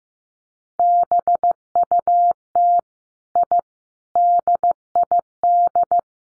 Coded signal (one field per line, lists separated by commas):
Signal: Morse code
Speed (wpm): 15 wpm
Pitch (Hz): 700 Hz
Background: none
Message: BUT I DID